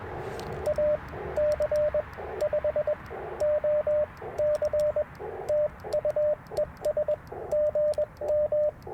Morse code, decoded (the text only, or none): AC5OC TUES GM